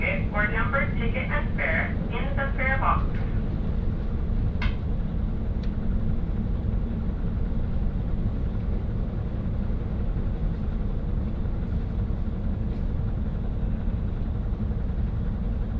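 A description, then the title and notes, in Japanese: Inside a train running on a local line, a steady, dense low rumble of wheels and motor fills the whole clip at an even level. A voice speaks briefly in the first three seconds, followed by a short sound near four and a half seconds and faint isolated clicks. 耳で楽しむ鉄道旅 函館本線 函館→池田園（藤城支線経由）。函館から大沼を経由して、2022年廃止駅（ちなみに乗車日は廃止前日です）の１つである池田園駅まで行ってみました。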